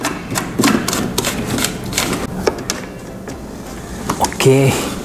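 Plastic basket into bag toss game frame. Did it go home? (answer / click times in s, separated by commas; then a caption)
no / none. A plastic basket (target) from a bag toss game is handled against its plastic frame while someone talks, with several short knocks and taps of plastic on plastic. The basket has not seated or clicked into the frame yet.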